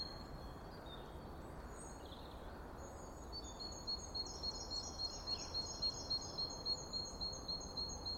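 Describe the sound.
Bird song of thin, high-pitched notes repeated rapidly and evenly, about three or four a second, growing stronger midway, over a steady low background hiss.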